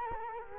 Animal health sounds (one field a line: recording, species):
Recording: mosquito wingbeat signal from an infrared sensor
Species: Culex quinquefasciatus